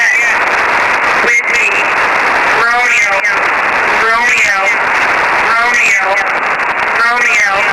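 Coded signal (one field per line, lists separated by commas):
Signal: coded military voice message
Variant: Emergency Action Message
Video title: 13200 USB - EAS - Emergency Action Message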